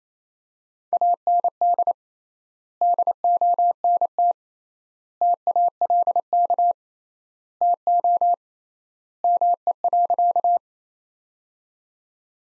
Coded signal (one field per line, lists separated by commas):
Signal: Morse code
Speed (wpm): 28 wpm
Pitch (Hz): 700 Hz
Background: none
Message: AND DONT TALK TO ME.